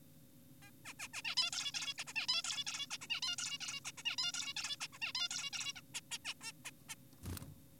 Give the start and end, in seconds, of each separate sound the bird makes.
0.62-0.71, 0.85-0.94, 1.00-1.08, 1.14-1.22, 1.25-1.35, 1.37-1.50, 1.53-1.72, 1.74-1.94, 1.98-2.04, 2.07-2.13, 2.16-2.27, 2.29-2.42, 2.44-2.64, 2.67-2.87, 2.91-2.98, 3.02-3.07, 3.10-3.21, 3.22-3.36, 3.38-3.58, 3.61-3.80, 3.85-3.92, 3.98-4.03, 4.06-4.16, 4.18-4.32, 4.34-4.54, 4.57-4.76, 4.81-4.88, 4.93-4.98, 5.02-5.12, 5.15-5.28, 5.31-5.50, 5.53-5.73, 5.76-5.81, 5.94-6.00, 6.11-6.18, 6.25-6.34, 6.41-6.52, 6.65-6.71, 6.89-6.95